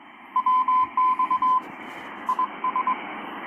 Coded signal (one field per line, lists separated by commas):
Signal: Morse code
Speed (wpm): 21 wpm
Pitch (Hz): 1020 Hz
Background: radio noise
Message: WX IS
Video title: 10M SSB Transceiver is inhaling RF